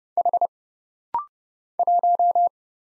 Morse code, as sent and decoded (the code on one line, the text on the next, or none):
.... / .----
H 1